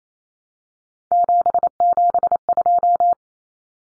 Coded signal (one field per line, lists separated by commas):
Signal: Morse code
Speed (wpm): 28 wpm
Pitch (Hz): 700 Hz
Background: none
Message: 772